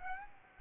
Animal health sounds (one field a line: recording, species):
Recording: mosquito wingbeat signal from an infrared sensor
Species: Aedes aegypti